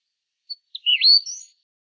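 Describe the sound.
Eastern bristlebird call: a brief high note, then a swooping whistled phrase that dips and climbs into a bright higher ending, clean with no other sounds.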